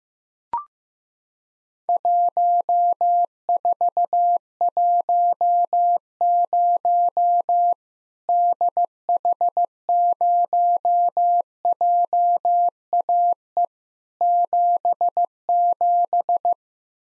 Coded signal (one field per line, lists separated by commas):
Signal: Morse code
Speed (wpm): 15 wpm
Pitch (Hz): 700 Hz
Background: none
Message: 1410 DH0JAE 77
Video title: Worked All Europe DX Contest QTC Exchange with Repeats 15wpm